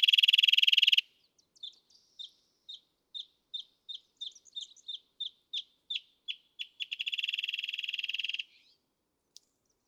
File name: Wrentit